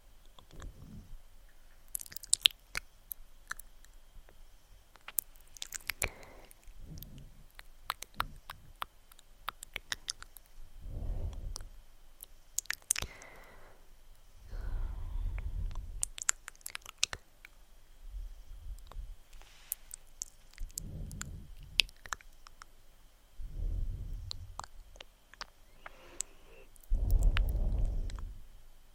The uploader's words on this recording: ASMR VERY Tingly Slow Face Touching and Soft Mouth Sounds.